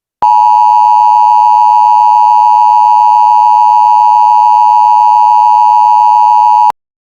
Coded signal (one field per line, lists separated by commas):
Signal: Emergency Alert System (SAME) tones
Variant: 853 and 960 Hz attention tone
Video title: Eas scenario #2 : Country-humans…